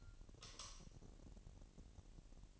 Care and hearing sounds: daily activity, microphone in the room; light off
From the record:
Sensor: 4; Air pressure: 1002.7 hPa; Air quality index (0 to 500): 250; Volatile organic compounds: 14 ppm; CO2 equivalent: 2452 ppm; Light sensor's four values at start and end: 7/16/6/7 and 6/14/5/6

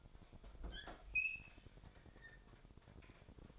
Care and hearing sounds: daily activity, microphone in the room; open fridge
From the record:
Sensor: 5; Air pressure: 1002.1 hPa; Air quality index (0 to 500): 225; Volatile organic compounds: 29 ppm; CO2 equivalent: 2926 ppm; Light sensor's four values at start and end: 9/21/8/10 and 10/23/10/11

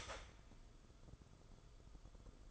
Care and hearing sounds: daily activity, microphone in the room; start toaster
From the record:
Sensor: 5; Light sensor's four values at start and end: 44/136/53/59 and 44/136/53/58

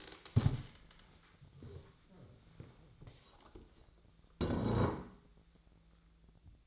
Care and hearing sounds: daily activity, microphone in the room; stand up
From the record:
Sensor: 3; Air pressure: 1000.5 hPa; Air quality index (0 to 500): 170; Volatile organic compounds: 3 ppm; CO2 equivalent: 1483 ppm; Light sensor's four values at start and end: 14/33/14/15 and 14/33/14/15

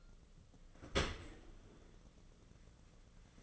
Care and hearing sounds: daily activity, microphone in the room; open dishwasher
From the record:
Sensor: 4

